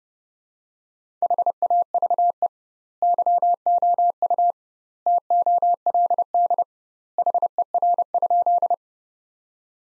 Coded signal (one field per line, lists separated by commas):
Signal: Morse code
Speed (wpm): 32 wpm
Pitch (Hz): 700 Hz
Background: none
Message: HAVE YOU TOLD HER?